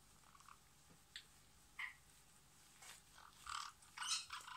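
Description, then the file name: Parrot squawks, short harsh calls scattered throughout, growing louder and denser toward the end over a steady background hiss. "zvuk popugaya"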